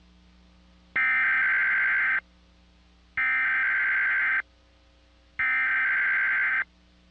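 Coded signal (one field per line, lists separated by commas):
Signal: Emergency Alert System (SAME) tones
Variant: header bursts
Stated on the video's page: Compilation of EAS alerts by year, 1997 to 2010, including required weekly and monthly tests and weather and child abduction warnings.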